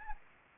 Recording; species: mosquito wingbeat signal from an infrared sensor; Anopheles gambiae